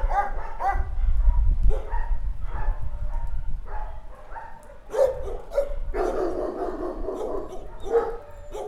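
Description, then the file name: Several dogs bark in quick, uneven overlapping bursts, with a louder flurry around the middle. Dogs recorded at a dog shelter. "shelter for dogs"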